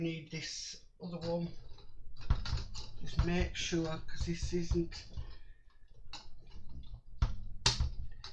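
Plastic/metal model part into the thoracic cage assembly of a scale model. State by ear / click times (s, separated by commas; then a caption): seated / 7.7 s. A model kit part is lined up and pushed into the thoracic cage assembly of a scale model while someone talks. At 7.7 seconds it snaps into place with a sharp click, and the part is seated.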